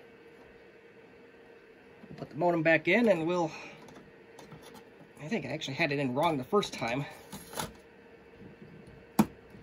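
An internal modem card that had been fitted wrong the first time is refitted and pressed home into the motherboard of a Compaq LTE Lite 25 laptop while someone talks. A single sharp click at 9.2 s marks the card snapping into place, leaving it seated and secure.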